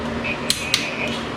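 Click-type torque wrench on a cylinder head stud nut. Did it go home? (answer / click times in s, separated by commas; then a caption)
yes / 0.5 s, 0.7 s. A child pulls a click-type torque wrench on a cylinder head stud nut a second time to repeat the click. A short, sharp metallic double click sounds at 0.5 and 0.7 seconds. The wrench clicks again at its torque setting, confirming the nut is tight.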